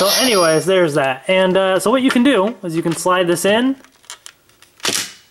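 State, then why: Seated. Someone talks for most of the clip, then a plastic weapon piece is slid into its slot on a toy bazooka body, with a few small sliding and tapping sounds from about 4.0 to 4.6 seconds. The piece clicks into place and latches at 4.3 seconds, held by a release tab, and a brief broadband rustle follows near 5 seconds.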